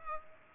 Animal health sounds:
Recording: mosquito wingbeat signal from an infrared sensor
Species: Culex pipiens

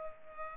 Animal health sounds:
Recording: mosquito wingbeat signal from an infrared sensor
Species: Culex pipiens

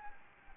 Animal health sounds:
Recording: mosquito wingbeat signal from an infrared sensor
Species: Anopheles gambiae

